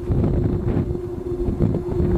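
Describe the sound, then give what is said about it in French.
Wind moaning through the giant wind-chime sculpture The Singing Ringing Tree: a steady, hollow low-pitched drone holds over a loud, gusty rumble, with no voices. “C'est évidemment juste le vent.”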